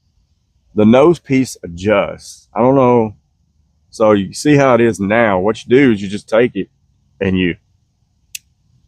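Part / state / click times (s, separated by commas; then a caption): adjustable nose piece on sunglasses frame / seated / 8.3 s. Someone talks while handling a pair of sunglasses, then pushes the adjustable nose piece on the frame inward. A single sharp, brief click at 8.4 s marks the nose piece seating into its detent position, as far as it will go on the inside.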